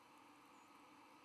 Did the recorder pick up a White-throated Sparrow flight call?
no